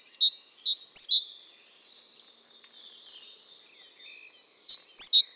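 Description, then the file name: Great tit singing three quick high-low two-note phrases, followed by faint thin twittering, then two more phrases at the end. "Parus major"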